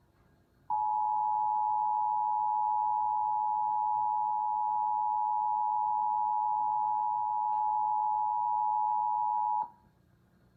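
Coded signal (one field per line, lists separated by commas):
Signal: Emergency Alert System (SAME) tones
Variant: 853 and 960 Hz attention tone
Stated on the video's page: Required Monthly Test from Maryland.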